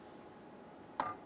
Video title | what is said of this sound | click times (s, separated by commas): How to Replace Leak Detection Pump 2002-2008 Dodge Ram 1500 | until that tab locks into place. | 1.0 s